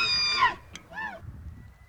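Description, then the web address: Elk call: a loud harmonic squeal falling in pitch, a short click, then a brief arched mewing note over a low rumbling background. Wild elk in Alaska. "soundswild elk in alaska"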